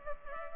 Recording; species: mosquito wingbeat signal from an infrared sensor; Culex pipiens